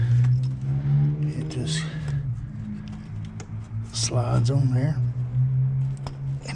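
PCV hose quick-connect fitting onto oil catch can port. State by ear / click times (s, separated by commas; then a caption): seated / 6.0 s, 6.1 s. Someone talks while the PCV hose quick-connect fitting is slid onto its nipple at the bottom of a Camaro's oil catch can. It latches with two short clicks at 6.0 and 6.1 s, and the fitting is seated.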